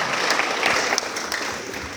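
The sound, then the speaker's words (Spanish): An audience claps steadily and fairly loudly to welcome a speaker, a dense patter of many hands with a few sharper individual claps standing out, sustained throughout without voices. “La recibe con fuerte aplauso.”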